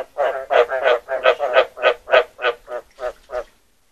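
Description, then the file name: Frog giving a run of about a dozen croaks in quick succession, fading toward the end. "กบร้อง"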